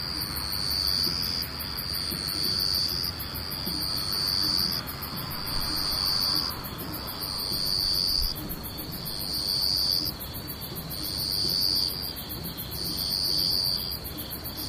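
Insects chirp in a steady, repeating pattern, a bright high trill pulsing in bursts roughly every second and a half without pause. Underneath runs a low, continuous rumble that swells and fades slightly across the whole stretch.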